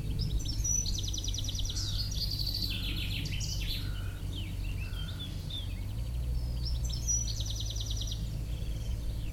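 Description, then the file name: European Goldfinch twittering calls, bright buzzy trills in a burst near the start and again near the end, over a steady low rumble. "Carduelis carduelis"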